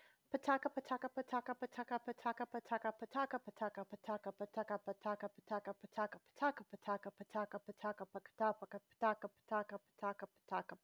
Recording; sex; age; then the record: repeated syllables /pa ta ka/; female; 30 to 39 years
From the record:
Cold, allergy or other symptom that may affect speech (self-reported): no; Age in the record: 39 years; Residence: Texas, United States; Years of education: 16